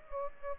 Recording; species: mosquito wingbeat signal from an infrared sensor; Aedes aegypti